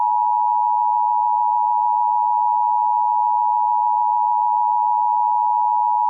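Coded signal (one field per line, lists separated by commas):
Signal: Emergency Alert System (SAME) tones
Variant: 853 and 960 Hz attention tone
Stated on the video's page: Fictional EAS scenario.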